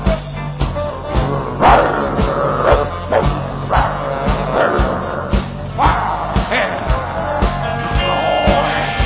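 A crowd of dogs barks loudly and continuously, overlapping yaps and woofs tumbling over one another in rapid bursts, with a steady low hum running underneath.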